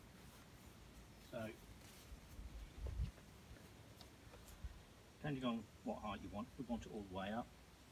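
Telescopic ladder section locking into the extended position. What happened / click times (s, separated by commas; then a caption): Ladder handled, sections not yet locked / none. An aluminium Xtend & Climb Professional PROSERIES Model 930p telescopic ladder, 13 treads and 3.8 m tall, is handled as it is about to be extended all the way up, section by section. Someone talks over quiet handling noise, with low thumps around 3.0 s. Nothing has locked or clicked into the extended position yet.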